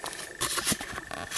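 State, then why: Seated. Two plastic figure display base sections with big pegs and holes are slid together, one section into its matching section, with scraping and handling sounds. Sharp clicks come at 1.0 s and 1.1 s as the pieces seat together.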